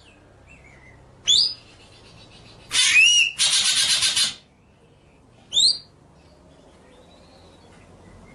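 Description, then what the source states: White-rumped shama song: two sharp, steeply rising whistles about four seconds apart, with a whistled note between bursts of harsh, hissing noise, and a low background hum. Masteran (training) track of murai batu song, described as full ngerol (continuous rolling) and nembak (sharp shooting notes).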